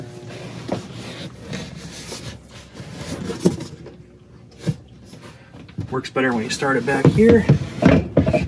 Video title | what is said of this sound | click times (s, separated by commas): Veurink's RV Center - 2020 nuCamp Tab 400 Virtual Show Through - RV Dealer in Michigan | And now it's locked into place for you. | 8.2 s